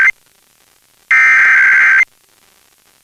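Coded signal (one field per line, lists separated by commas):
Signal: Emergency Alert System (SAME) tones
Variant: header bursts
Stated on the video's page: Pennsylvania Required Monthly Test received from multiple broadcast stations, some weak, some distant via tropospheric propagation.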